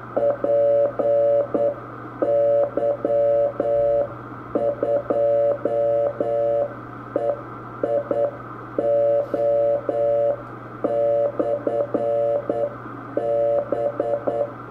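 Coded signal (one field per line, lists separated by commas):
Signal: Morse code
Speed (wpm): 9 wpm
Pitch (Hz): 570 Hz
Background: none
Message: PY2EIO/B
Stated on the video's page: Beacon transmitting on 28.228 MHz.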